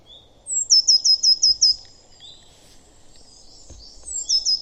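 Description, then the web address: Eurasian blue tit producing a fast series of six high, downslurred notes, then a pause with faint chips before another series begins. "cianscape. Deverinetal"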